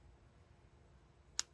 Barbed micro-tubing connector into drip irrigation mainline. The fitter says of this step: push it in you'll hear the snap which is kind of nice about this stuff you kind of know when it's in you hear it kind of